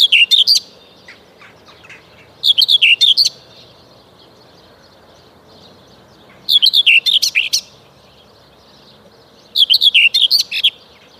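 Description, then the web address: Common whitethroat giving short, hurried scratchy warbles, each phrase about a second or less, repeated at intervals of two to four seconds. "Przyroda Ptaki Cierniówka"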